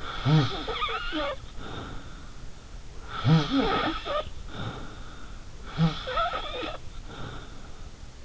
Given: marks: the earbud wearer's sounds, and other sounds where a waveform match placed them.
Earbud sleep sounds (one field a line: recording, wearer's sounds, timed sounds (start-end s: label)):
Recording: sounds in sleep by an in-ear microphone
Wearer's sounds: snoring breath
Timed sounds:
0.00-2.50 s: snoring breath
3.03-5.39 s: snoring breath
5.63-7.89 s: snoring breath